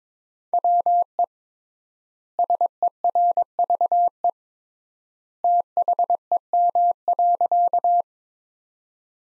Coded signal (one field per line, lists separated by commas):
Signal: Morse code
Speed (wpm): 22 wpm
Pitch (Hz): 700 Hz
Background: none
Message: WE SERVE THEM.